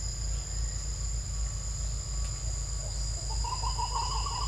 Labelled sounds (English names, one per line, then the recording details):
Green Ibis
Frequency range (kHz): Green Ibis 0.5-1.7 kHz
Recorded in secondary vegetation near Puerto Asís, Putumayo, Colombia, on 18 December 2024 at 08:00
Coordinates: 0.499, -76.323
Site G010